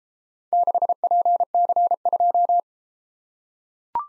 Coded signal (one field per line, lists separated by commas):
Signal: Morse code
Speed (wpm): 33 wpm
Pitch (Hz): 700 Hz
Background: none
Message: 6PC2